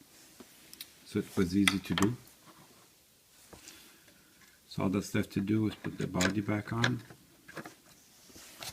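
Someone talks while handling the plastic body shell of an HO scale Athearn U33B locomotive, getting ready to push it back down over its chassis, with a few faint taps and handling noises between the words. The clip ends before the shell goes home, so nothing has snapped or seated yet.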